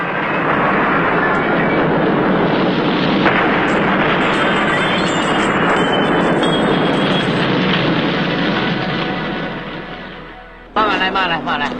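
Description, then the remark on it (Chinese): A gas explosion in a film scene: a loud, sustained roaring blast with heavy low rumble and crackling noise that fills about ten seconds, fades slightly, then cuts abruptly to a brighter, different texture. “机灵的珍妮在爆炸时躲在沙发底下，才幸免于死。”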